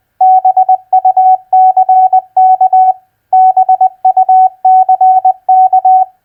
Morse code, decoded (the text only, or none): BUCK BUCK